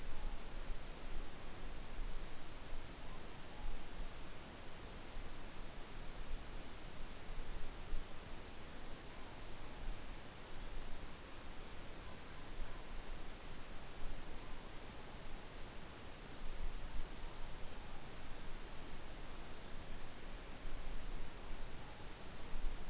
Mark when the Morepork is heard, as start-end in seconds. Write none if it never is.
none